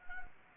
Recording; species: mosquito wingbeat signal from an infrared sensor; Anopheles arabiensis